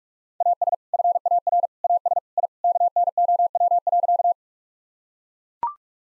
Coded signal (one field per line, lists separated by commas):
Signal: Morse code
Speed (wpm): 43 wpm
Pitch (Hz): 700 Hz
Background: none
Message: AS FAR AS I KNOW.